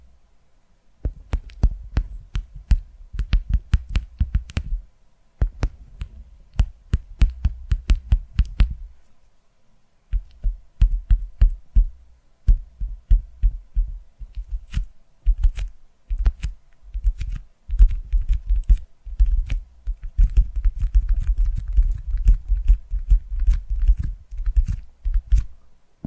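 Quick, irregular tapping comes in bursts of rapid knocks with a dull, low thud under each crisp click. Short pauses break the runs, a longer gap falls near the ten-second mark, and the tapping grows denser toward the end.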